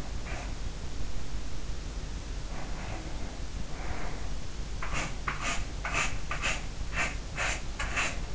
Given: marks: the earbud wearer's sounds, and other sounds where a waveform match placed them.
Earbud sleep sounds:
sounds in sleep by an in-ear microphone; breath
2.43-4.46 s: breath
4.56-8.35 s: sound from someone else or the room

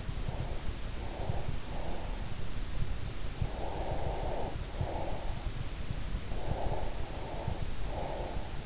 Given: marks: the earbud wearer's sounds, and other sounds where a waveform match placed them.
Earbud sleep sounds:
sounds in sleep by an in-ear microphone; breath
0.16-2.25 s: breath
3.36-5.50 s: breath
6.29-8.66 s: breath

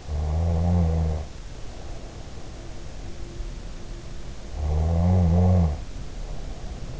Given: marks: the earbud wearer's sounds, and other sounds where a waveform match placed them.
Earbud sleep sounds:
sounds in sleep by an in-ear microphone; snoring breath
0.04-2.67 s: snoring breath
4.45-7.00 s: snoring breath

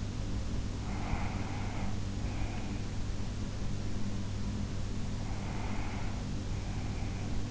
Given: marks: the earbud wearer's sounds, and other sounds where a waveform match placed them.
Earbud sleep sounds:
sounds in sleep by an in-ear microphone; breath
0.82-2.94 s: breath
5.05-7.50 s: breath

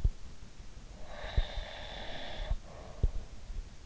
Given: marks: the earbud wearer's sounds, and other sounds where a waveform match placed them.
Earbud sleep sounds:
sounds in sleep by an in-ear microphone; breath
1.06-3.30 s: breath

